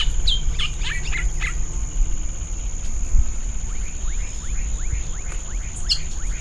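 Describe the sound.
Bird calls, brief high chirps clustered at the start then faint repeated sliding notes, with a constant high tone and loud low rumble throughout.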